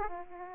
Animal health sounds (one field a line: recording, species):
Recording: mosquito wingbeat signal from an infrared sensor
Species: Aedes aegypti